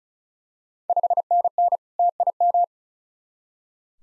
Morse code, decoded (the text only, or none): 5NN TIM